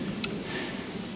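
A crossbow string, drawn back with the cocking crank, latches into the trigger and safety mechanism with one sharp click at 0.2 s. The click is brief and bright over a steady low background hum, and the string is seated.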